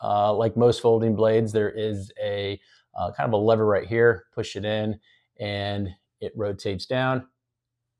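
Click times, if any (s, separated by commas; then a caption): none. A man talks while handling a folding pocket knife with a D2 steel blade, pressing its liner-lock lever so the blade can rotate down toward the handle. Only his voice is heard. The blade has not yet seated or clicked into its closed position in the handle.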